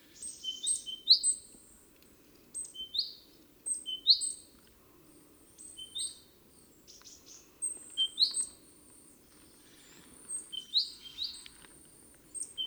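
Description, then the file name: Great tit calls: clusters of high chirping notes and sharp upward slurs, repeated in bursts every couple of seconds, with a faint low background hum. "Parus major"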